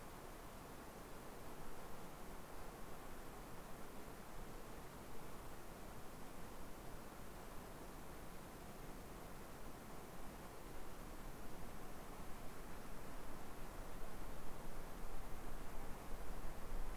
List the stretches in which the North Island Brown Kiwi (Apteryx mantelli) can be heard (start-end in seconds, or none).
none